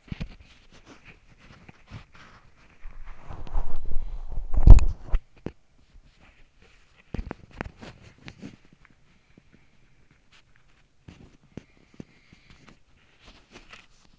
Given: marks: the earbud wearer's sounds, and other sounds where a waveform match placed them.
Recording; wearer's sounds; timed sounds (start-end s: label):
sounds in sleep by an in-ear microphone; body movement, teeth grinding
0.00-14.19 s: body movement
8.75-9.91 s: teeth grinding